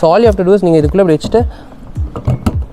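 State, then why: Not seated. A hard motorcycle pannier box is handled at its side rack mount, where a red locking catch is meant to engage it. Someone talks through most of the clip, followed by a few faint handling knocks near 2.0 to 2.5 seconds. Nothing has seated or clicked yet.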